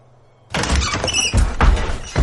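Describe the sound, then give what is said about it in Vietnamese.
After a brief low hum, a bedroom window suddenly unlatches and swings open in a strong, cold wind with loud rattling and a high, squeaky creak, followed by two more surging scrapes as it keeps moving in the wind. “Cánh cửa sổ bỗng dưng bật chốt.”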